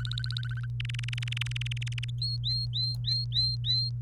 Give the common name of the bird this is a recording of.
Domestic Canary